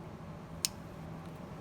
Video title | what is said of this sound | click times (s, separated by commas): TOYOTA FJ CRUISER - SPARK PLUG REPLACEMENT - | you go as long as you hear that pop click we're in | 0.7 s